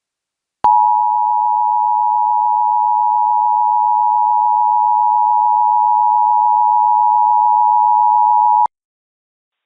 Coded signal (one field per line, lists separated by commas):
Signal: Emergency Alert System (SAME) tones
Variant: 853 and 960 Hz attention tone